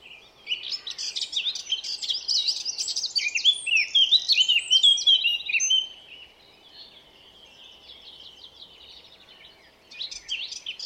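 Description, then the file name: Eurasian blackcap singing a hurried scratchy warble for about five seconds, then quiet, then a brief burst of song resumes at the end. "Sylvia atricapilla"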